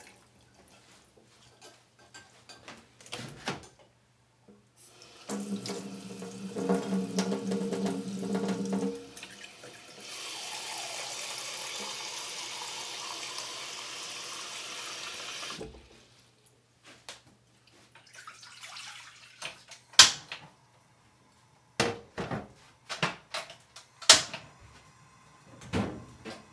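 Kitchen sounds while making katsuo no tataki ramen: after a few soft clicks, a low rushing rumble runs from about five to nine seconds, then a steady hiss of running water lasts until about fifteen seconds. Scattered sharp knocks and clatters follow to the end.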